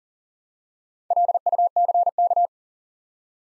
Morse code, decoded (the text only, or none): LUCK